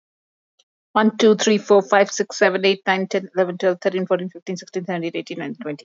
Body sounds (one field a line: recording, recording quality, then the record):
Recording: counting at a fast pace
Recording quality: excellent, no background noise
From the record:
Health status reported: healthy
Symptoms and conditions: none ticked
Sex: female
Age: 45 years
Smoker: not ticked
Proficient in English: yes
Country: India